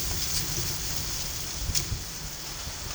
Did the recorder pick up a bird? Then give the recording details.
no. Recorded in pastures near Puerto Asís, Putumayo, Colombia, on 24 March 2025 at 12:30. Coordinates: 0.487, -76.322. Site G077